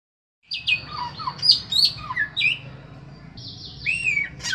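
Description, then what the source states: Bird song starting after a short silence: high chips and sliding whistles, then a long steady high note before a rising slur, over low background hum. Song variation labelled samyong.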